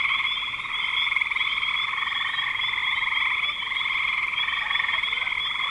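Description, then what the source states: Dense frog chorus of rapid, overlapping trilled pulses forming a constant buzzy drone. Frogs calling in spring 2025.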